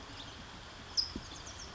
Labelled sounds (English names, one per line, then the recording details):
California Towhee
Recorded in Sonoma County, California